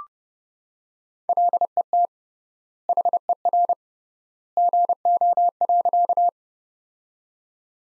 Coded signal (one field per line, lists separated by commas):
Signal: Morse code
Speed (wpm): 30 wpm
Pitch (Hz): 700 Hz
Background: none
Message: LET HER GO.